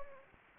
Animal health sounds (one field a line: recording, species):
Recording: mosquito wingbeat signal from an infrared sensor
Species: Anopheles gambiae